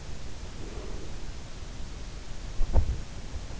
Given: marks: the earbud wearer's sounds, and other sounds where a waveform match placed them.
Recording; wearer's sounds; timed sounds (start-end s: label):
sounds in sleep by an in-ear microphone; breath, body movement
0.48-1.45 s: breath
2.58-3.29 s: body movement